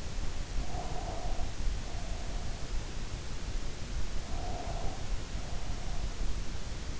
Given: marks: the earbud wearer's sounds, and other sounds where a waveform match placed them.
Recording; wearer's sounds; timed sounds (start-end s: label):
sounds in sleep by an in-ear microphone; breath
0.67-2.65 s: breath
4.31-6.32 s: breath